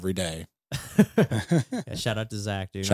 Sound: laughing